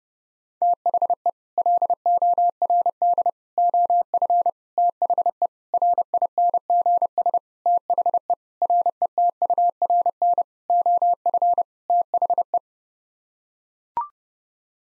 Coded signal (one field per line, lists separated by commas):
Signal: Morse code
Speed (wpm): 30 wpm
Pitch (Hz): 700 Hz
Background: none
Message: THE LORD OF THE RINGS THE RETURN OF THE